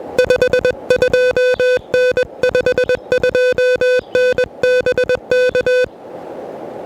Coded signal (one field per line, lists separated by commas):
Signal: Morse code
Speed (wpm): 20 wpm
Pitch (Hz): 500 Hz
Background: music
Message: 52N 52N BK